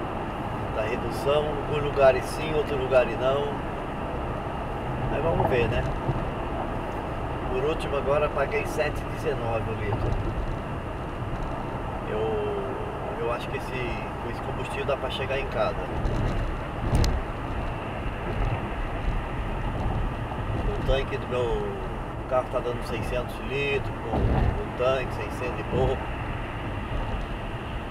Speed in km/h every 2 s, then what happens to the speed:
119, 117, 114, 113, 109, 106, 103, 101, 96, 94, 95, 97, 99, 99.
0-18 slows to 94. 18-28 steady at about 97.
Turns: none.